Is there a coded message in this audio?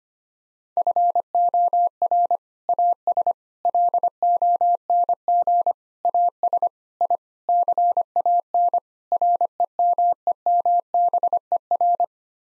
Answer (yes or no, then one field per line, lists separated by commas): yes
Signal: Morse code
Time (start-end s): 0.8-12.0 s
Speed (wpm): 25 wpm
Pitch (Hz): 700 Hz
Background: none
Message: FOR AS LONG AS I CAN REMEMBER